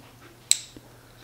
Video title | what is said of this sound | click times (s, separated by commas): Custom Nine Inch Android Auto Floating Tablet Head Unit Install in a Bagged Mighty Max Minitruck! | Right there looks good and clicks right in place. | 0.5 s